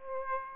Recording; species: mosquito wingbeat signal from an infrared sensor; Aedes aegypti